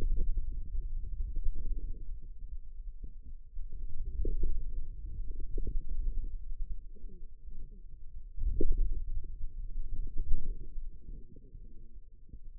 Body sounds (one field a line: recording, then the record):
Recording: forearm muscle sounds (acoustic myography)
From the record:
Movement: hand closing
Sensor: system 2, bracelet of six BSWA MPA416 microphones around the upper forearm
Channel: 4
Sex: female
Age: 21 years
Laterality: right